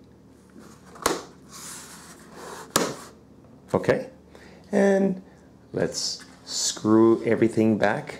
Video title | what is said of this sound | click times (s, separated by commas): How to Install Memory sticks (RAM) to your computer | press down slowly until you hear a click | 1.1 s, 2.8 s